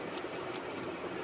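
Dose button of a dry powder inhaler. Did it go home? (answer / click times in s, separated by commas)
yes / 0.2 s, 0.6 s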